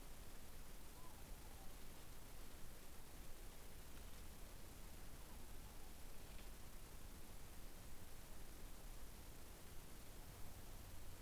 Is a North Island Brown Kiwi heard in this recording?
no